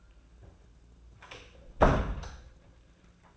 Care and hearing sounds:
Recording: daily activity, microphone in the room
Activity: close door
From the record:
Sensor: 2

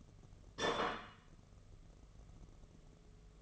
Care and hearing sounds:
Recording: daily activity, microphone in the room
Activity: place plate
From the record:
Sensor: 4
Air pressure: 1015.9 hPa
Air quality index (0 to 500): 208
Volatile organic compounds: 13 ppm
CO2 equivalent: 2401 ppm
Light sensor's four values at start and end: 17/39/16/17 and 17/39/16/17

